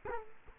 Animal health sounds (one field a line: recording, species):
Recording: mosquito wingbeat signal from an infrared sensor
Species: Culex quinquefasciatus